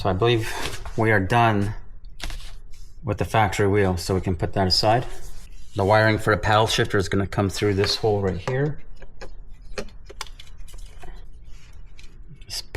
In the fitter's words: pops right in